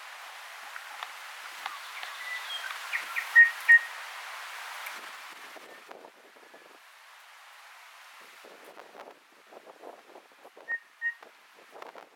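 Kōkako calls: a pair of short, clear whistled notes, quieter ones between, then after a lull another similar pair amid soft rustling.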